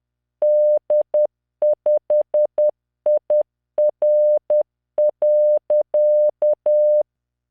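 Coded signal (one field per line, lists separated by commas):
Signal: Morse code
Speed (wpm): 10 wpm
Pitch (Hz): 600 Hz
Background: none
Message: D5IR.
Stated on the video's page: Software-generated Morse practice, random five-character groups at 10 WPM, 600 Hz tone, standard spacing.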